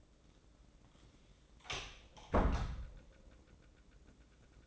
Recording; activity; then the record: daily activity, microphone in the room; close door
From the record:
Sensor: 3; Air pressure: 1012.3 hPa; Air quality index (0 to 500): 179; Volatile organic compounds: 3 ppm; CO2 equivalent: 1366 ppm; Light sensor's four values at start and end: 529/1314/541/548 and 534/1328/547/555